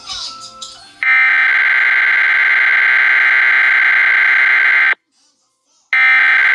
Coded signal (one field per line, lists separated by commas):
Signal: Emergency Alert System (SAME) tones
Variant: header bursts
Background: speech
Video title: EAS Mock: Tornado Warning Intyrupts 1 episode of news